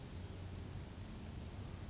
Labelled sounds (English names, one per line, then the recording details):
Western Flycatcher
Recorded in Sonoma County, California